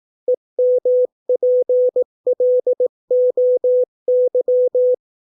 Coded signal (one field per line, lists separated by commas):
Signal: Morse code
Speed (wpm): 18 wpm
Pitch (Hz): 500 Hz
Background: none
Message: EMPLOY